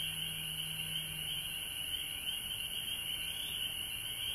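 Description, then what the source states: Frogs calling in a dense, continuous high chorus that never pauses, with a fainter steady high hiss above it and a low hum early on. Recorded at home in Georgia on March 19, 2020.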